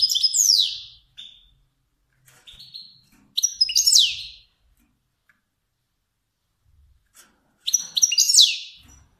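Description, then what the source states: Finch song in three bright bursts of high, tumbling, twittering notes, separated by pauses, with a few soft chirps between. Kermani finch.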